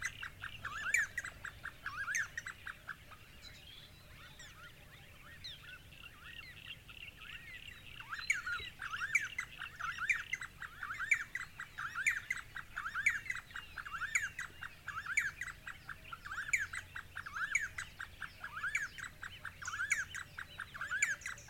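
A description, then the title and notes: Birds call continuously on a mountain top, a dense chatter of quick, repeated squawks and chirps that thickens after the first few seconds and keeps a busy, regular pace. Sharp high ticks sparkle above, while a soft low rumble of wind runs underneath. Foggy mountain top, early morning. Vumari, Tanzania: birds, insects, wind howling.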